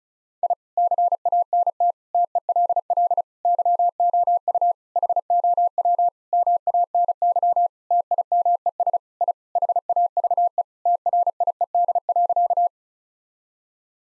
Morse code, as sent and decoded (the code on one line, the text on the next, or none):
.. / -.-. .- -. - / - . .-.. .-.. / -.-- --- ..- / .... --- .-- / -- .- -. -.-- / - .. -- . ... / .. / .... .- ...- . / - .-. .. . -.. .-.-.-
I CANT TELL YOU HOW MANY TIMES I HAVE TRIED.